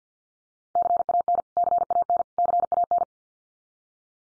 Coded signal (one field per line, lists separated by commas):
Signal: Morse code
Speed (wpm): 48 wpm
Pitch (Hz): 700 Hz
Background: none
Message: CAN CAN CAN